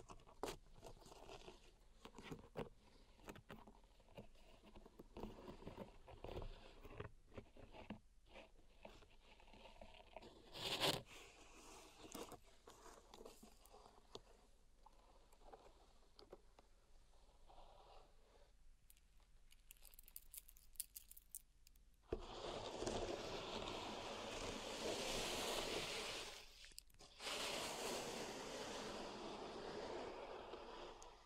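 Pink salt being handled for a zen garden: scattered crunches, taps and gritty scrapes fill the first twenty seconds, with a sharp burst near eleven seconds. From about twenty-two seconds a louder, steady hissing rush of pouring or raking salt takes over, briefly breaking near twenty-seven seconds.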